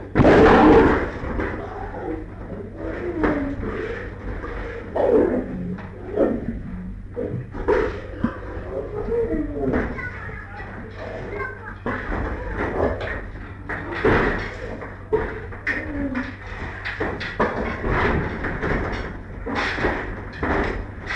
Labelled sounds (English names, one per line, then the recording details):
Lion call
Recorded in captivity
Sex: male
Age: adult
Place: Tierpark Berlin, Berlin, DE
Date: 1959-07-24
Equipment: Smaragd
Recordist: TSA
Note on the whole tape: Hassan: Einzellaute (während der gesammten Aufnahme), Primus oder Gouverneur, später Primus und Gouverneur gegen Brigant: Grollen, Gouverneur und Primus spielen, "Gurren" ? Abstand 1-3 m. Aufnahmen während der Reinigung der Käfige. Aufnahmen zwischen 8.10 und 9.55 Uhr